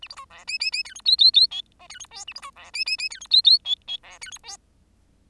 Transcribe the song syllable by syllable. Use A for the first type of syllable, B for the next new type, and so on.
A B C D E E E F G H H H I J F G K A B C D E E E F G H H I I D F G K